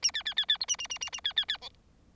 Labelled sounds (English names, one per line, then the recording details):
Bengalese Finch song
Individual Bird4